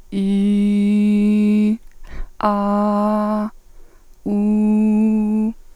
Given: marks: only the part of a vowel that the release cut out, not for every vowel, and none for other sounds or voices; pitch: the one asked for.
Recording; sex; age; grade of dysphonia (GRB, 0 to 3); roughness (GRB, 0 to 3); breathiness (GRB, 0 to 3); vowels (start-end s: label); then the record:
sustained vowels; female; 30 to 39 years; 0; 0; 0
0.22-1.65 s: vowel /i/, low pitch
2.50-3.40 s: vowel /a/, low pitch
4.33-5.39 s: vowel /u/, low pitch
From the record:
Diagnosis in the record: healthy voice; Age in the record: 33 years